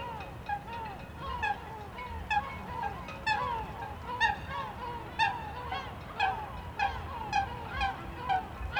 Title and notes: 70 Bd Robert Barrier, 73100 Aix-les-Bains, France - Goelands dans le vent. Au bord d'un bassin du Grand Port d'Aix-les-bains , le vent du Nord souffle et fait sonner les mats des bateaux en arrière plan , dans le ciel un groupe de goelands tournoie en criant